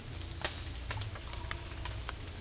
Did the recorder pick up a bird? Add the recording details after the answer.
no. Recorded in dense forest near Puerto Asís, Putumayo, Colombia, on 18 December 2024 at 16:30. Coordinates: 0.486, -76.317. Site G003